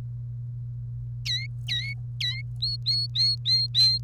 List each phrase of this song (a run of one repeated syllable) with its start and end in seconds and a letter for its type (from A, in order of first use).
1.26-1.94 A, 2.20-2.42 A, 2.62-3.98 B